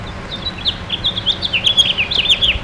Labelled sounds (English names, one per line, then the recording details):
House Finch song
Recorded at Baldwin on Long Island, New York, on 28 May 2013
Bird I